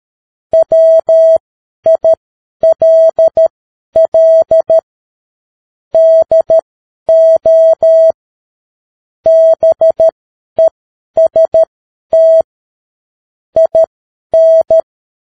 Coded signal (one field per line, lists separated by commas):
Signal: Morse code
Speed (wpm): 13 wpm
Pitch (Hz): 650 Hz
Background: none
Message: WILL DO BEST IN